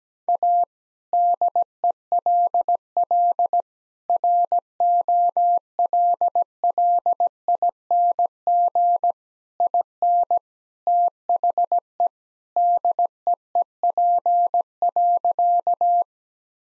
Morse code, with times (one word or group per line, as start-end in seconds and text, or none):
0.3-0.6 A
1.1-3.6 DELL
4.1-9.1 ROLLING
9.6-10.4 IN
10.9-12.1 THE
12.6-16.0 DEEP.